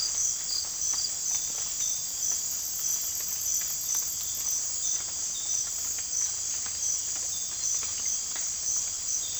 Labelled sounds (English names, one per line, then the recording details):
none
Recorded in dense forest near Puerto Asís, Putumayo, Colombia, on 20 December 2024 at 03:00
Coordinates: 0.481, -76.323
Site G100